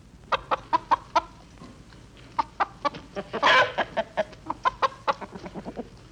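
Chickens clucking in quick, sharp pulses, with one drawn-out squawk midway before the choppy clucks resume.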